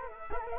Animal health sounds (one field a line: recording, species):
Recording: mosquito wingbeat signal from an infrared sensor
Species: Culex quinquefasciatus